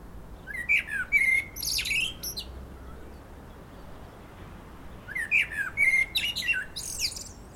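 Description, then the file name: Common blackbird singing two phrases with quiet between them, each a few mellow fluted whistles followed by thin, scratchy high twitters. "Turdus merula"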